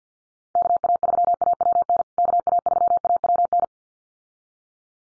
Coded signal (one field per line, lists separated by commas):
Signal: Morse code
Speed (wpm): 50 wpm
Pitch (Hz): 700 Hz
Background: none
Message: KA3AWN KA3AWN